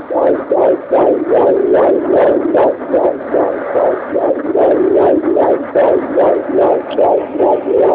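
Rapid, regular whooshing pulses at about 146 per minute, the galloping swish of a fetal heartbeat picked up by Doppler at 17 weeks 4 days of pregnancy. The rate sits within the usual fetal range.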